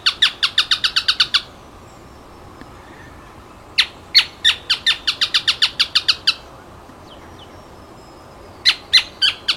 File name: Canto do cisqueiro